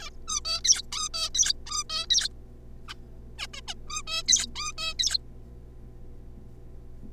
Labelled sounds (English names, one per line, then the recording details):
Zebra Finch
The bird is a juvenile
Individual R3549